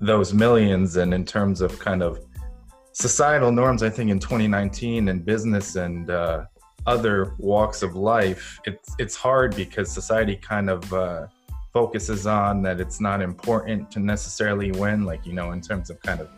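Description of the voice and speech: A man speaks fluently in a low, steady voice at a relaxed conversational pace, with brief pauses and casual fillers like "kind of" and "you know." Voice quality and articulation are clear. Ordinary adult speech with no sign of a disorder.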